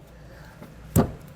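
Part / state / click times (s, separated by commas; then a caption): removable receiver tube into hidden trailer hitch / seated / 1.0 s. A removable receiver tube is inserted into a Stealth Hitches hidden trailer hitch on a 2021 BMW X7 and its handle is turned. After a quiet stretch, a single sharp metallic hit lands at 1.0 s as the tube locks into place, seated in the hitch.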